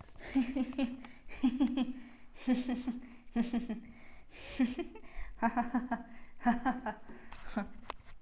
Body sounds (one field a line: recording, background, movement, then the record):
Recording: laughter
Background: quiet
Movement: sitting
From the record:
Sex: female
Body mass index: 22.6 kg/m2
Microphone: on the chest, facing outward